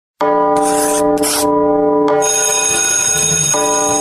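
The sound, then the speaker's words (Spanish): A loud, continuous ringing bell sounds for about four seconds, bright and steady, with two short bursts of hissing noise early on and a shift to a shriller ring midway. “Ya tocó la campana.”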